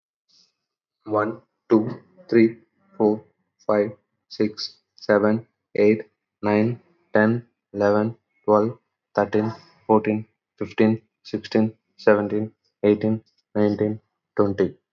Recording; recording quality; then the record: counting at a normal pace; excellent, no background noise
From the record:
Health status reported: healthy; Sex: male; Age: 26 years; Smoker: yes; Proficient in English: yes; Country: India